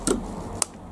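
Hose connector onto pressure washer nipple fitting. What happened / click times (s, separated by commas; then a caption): The hose connector clicked onto the fitting / 0.6 s. The plastic connector of a high-pressure hose is pushed onto the nipple connection of a Michelin MPX 130 LP pressure washer. A brief broadband burst at 0.1 s is followed by a sharp, very short click at 0.6 s. The connector clicks home and is seated on the fitting.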